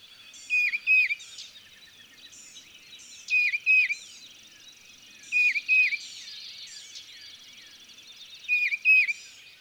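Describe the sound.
Tufted titmouse song: clear whistled two-note phrases, each slurring downward, repeated every few seconds.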